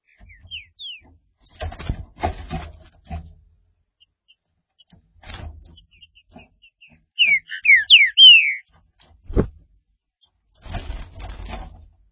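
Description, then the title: Green-winged saltator giving a phrase of quick slurred whistles, surrounded by bursts of thumping and rattling noise and a sharp knock. "Trinca Ferro"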